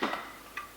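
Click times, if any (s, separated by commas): 0.0 s, 0.6 s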